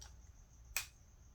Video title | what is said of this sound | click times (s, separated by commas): Gucci Guilty Garage Goons GGGG | it clicks into place safe to hold by the cap | 0.8 s